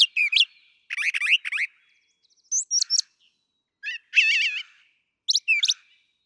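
Brown thrasher song in distinct short phrases: chirps, a buzzy cluster, high slurs and a warbled note, each separated by silence.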